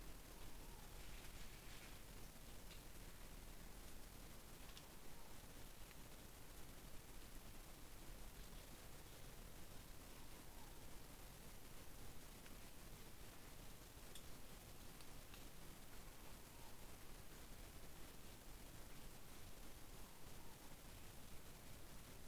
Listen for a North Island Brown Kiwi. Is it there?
no